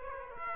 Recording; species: mosquito wingbeat signal from an infrared sensor; Aedes aegypti